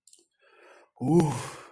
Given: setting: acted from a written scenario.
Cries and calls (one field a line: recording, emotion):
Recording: vocal sound without words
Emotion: pride